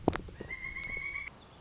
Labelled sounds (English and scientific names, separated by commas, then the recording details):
Pileated Woodpecker (Dryocopus pileatus)
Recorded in Sonoma County, California